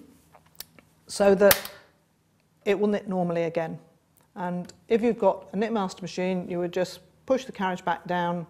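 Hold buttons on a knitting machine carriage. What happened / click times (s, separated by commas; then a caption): The carriage hold buttons clicked released / 0.6 s, 0.8 s. The hold buttons on a knitting machine carriage are pressed and released with sharp clicks at 0.6 s and 0.8 s, leaving them released so the machine will knit normally again. Someone then talks.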